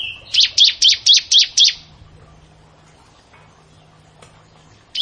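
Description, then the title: Prinia song: a quick burst of six bright, descending chip notes in under two seconds, then near silence with one more note at the end. "Ciblek Sawah"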